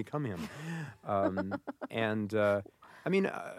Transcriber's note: laughs